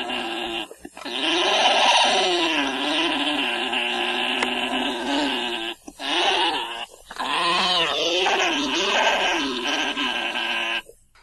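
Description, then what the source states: Alpaca mating noise: a long series of loud, warbling, gurgling calls wavering in pitch, in several bursts separated by brief pauses. Male alpaca making its distinctive noise while mating with a female alpaca.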